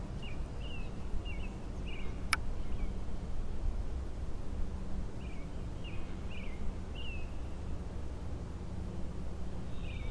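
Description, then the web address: Frogs calling with brief high chirps in small clusters, a single sharp click early on, and steady hiss with low droning underneath. Frog chorus recorded at Grafton Lake on 3 May 2009. "The Frog Chorus Tunes Up On Grafton Lake"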